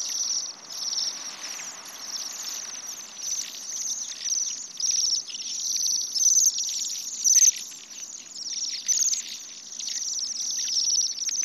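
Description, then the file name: Bohemian waxwing flock giving high, thin trilled calls that overlap continuously, with many birds calling together in a steady shimmering chorus. "Sidensvans"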